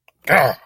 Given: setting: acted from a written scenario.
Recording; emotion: vocal sound without words; anger